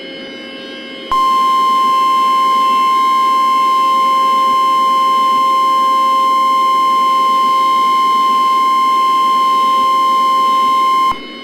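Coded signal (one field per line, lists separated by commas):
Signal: Emergency Alert System (SAME) tones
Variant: 1050 Hz attention tone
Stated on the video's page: Fictional scenario, not a real alert.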